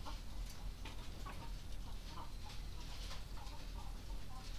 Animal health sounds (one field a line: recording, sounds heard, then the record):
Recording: poultry house recording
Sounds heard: sick chickens (respiratory disease)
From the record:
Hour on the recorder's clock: 20